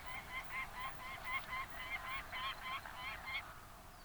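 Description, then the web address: Peregrine falcon giving a harsh, nasal series of rapidly repeated cackling notes, steady for over three seconds. Recorded in February 2019. "2019 02 PEFA"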